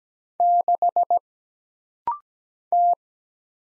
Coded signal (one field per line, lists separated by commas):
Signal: Morse code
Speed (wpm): 17 wpm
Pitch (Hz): 700 Hz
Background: none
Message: 6 T